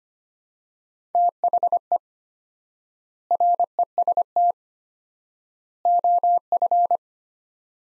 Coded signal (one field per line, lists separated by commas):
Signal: Morse code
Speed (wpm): 25 wpm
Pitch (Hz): 700 Hz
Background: none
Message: THE REST OF